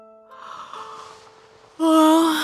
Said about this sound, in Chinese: 托腮一抬眼，便见自家小姐卷着被子盘坐在榻上打哈欠，眼半睁不睁，一副慵懒模样。